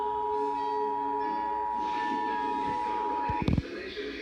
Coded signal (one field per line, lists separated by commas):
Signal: Emergency Alert System (SAME) tones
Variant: 853 and 960 Hz attention tone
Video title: EAS #36 Required Monthly Test